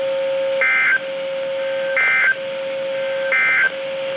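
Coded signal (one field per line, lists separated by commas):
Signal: Emergency Alert System (SAME) tones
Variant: end-of-message bursts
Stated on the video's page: Flash flood warning received from NOAA weather radio stations.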